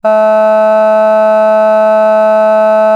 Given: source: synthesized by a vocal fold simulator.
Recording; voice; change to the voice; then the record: sustained vowel; female; vocal strain, level 2 of 10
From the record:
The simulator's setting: 0.11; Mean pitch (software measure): 216 Hz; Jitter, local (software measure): 0.16%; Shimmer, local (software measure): 1.1%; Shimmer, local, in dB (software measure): 0.09 dB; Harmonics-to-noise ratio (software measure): 33.8 dB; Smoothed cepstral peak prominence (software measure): 19.4 dB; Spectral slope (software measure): -23.1 dB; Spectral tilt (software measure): -8.5 dB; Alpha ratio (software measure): -13.6 dB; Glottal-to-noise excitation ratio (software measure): 0.982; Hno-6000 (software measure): 2.5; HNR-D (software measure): 40.4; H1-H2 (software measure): 8.5 dB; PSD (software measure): 1.7e-05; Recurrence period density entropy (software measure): 0.134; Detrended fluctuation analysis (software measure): 0.0159